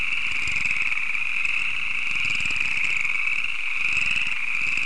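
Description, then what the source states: Frog chorus, a steady, thick wall of fast pulsing croaks that holds an even level throughout without a break. Various frogs croaking at a pond.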